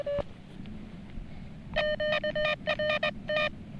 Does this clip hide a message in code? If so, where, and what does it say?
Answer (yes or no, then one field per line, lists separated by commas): yes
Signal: Morse code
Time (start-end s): 1.8-3.5 s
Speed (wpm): 20 wpm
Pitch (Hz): 1800 Hz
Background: none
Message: QRT